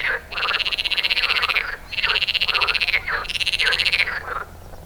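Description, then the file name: Perez's frog giving three rattling, pulsed croaks, each lasting about one to one and a half seconds and separated by short pauses. Recorded at Saint-Symphorien on 10 May 2016. "Pelophylax-perezi 1 33 Saint-Symphorien 20160510"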